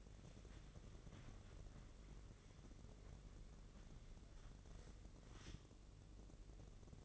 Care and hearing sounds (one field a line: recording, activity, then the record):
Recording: daily activity, microphone in the room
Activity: wipe stove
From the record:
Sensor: 4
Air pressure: 1013.2 hPa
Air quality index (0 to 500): 178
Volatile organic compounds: 2 ppm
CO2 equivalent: 1119 ppm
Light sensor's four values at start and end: 97/242/100/106 and 97/243/100/107